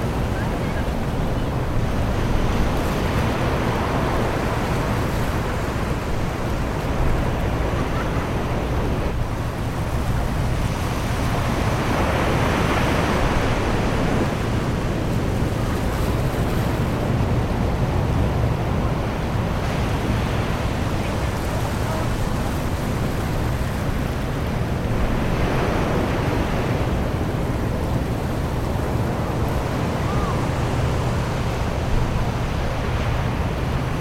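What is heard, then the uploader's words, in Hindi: Waves wash steadily onto a seashore in a dense, constant rush, swelling brighter every several seconds as a wave breaks, around 3, 12, 20 and 25 seconds. A low, even hum, perhaps a boat engine, runs underneath throughout. समुंदर के किनारे पर गर्मियों की शांति. दूर की लहरों और हवा की हल्की सिम्फ़नी.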